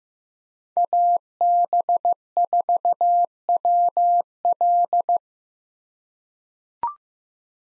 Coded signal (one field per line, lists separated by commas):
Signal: Morse code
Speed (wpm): 15 wpm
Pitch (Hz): 700 Hz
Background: none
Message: AB4WL